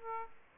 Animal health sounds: mosquito wingbeat signal from an infrared sensor; Aedes aegypti

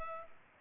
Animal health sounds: mosquito wingbeat signal from an infrared sensor; Culex pipiens

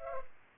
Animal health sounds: mosquito wingbeat signal from an infrared sensor; Culex pipiens

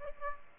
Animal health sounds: mosquito wingbeat signal from an infrared sensor; Aedes aegypti

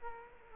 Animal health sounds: mosquito wingbeat signal from an infrared sensor; Culex quinquefasciatus

